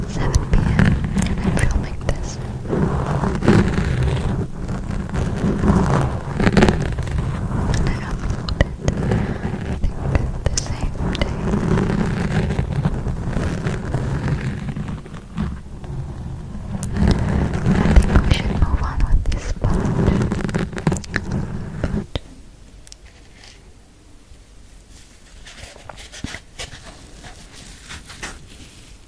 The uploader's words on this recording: Intense Mic Scratching DEEP in Your Ears. Long nails, sponge, forks, ear to ear.